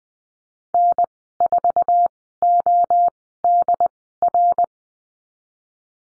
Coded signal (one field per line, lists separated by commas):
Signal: Morse code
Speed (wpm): 20 wpm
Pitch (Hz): 700 Hz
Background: none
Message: N4ODR